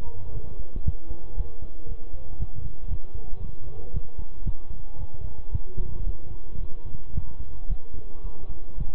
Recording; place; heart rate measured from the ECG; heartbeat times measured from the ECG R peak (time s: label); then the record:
heart sounds by stethoscope; between the tricuspid and mitral areas; 114 bpm
0.34 s: heartbeat
0.86 s: heartbeat
1.37 s: heartbeat
1.89 s: heartbeat
2.40 s: heartbeat
2.90 s: heartbeat
3.42 s: heartbeat
3.94 s: heartbeat
4.46 s: heartbeat
4.99 s: heartbeat
5.52 s: heartbeat
6.06 s: heartbeat
6.61 s: heartbeat
7.15 s: heartbeat
7.69 s: heartbeat
8.24 s: heartbeat
8.78 s: heartbeat
From the record:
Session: bicycle stress test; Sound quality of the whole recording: good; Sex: male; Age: 23 years